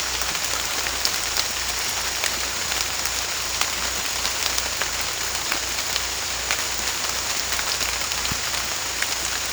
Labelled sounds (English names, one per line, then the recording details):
none
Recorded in dense forest near Puerto Asís, Putumayo, Colombia, on 18 December 2024 at 00:30
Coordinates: 0.486, -76.317
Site G003